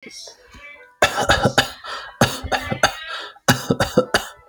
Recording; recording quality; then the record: shallow voluntary cough; moderate, slight background noise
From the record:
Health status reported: healthy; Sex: male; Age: 37 years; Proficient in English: yes